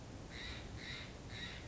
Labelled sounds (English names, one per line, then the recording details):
Steller's Jay
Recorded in Sonoma County, California